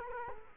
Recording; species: mosquito wingbeat signal from an infrared sensor; Culex quinquefasciatus